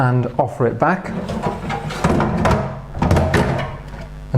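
A kitchen drawer box resting on metal soft-close runners is pushed back along them until its catches engage, while someone talks. Several short knocks and thuds come from the box sliding between about 2.0 and 3.1 seconds. It clicks into position at 3.3 seconds, seated on the runners.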